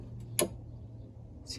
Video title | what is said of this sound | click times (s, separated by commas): Scroll Saw Video | hear that click it | 0.4 s